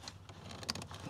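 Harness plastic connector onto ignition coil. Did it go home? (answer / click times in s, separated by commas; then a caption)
yes / 0.7 s. The plastic wiring harness connector for cylinder 8 is pushed onto the ignition coil of a BMW E90/E92/E93 M3 S65 engine. Over a low background hum, a short, sharp click sounds at 0.7 s as the connector clips on and seats.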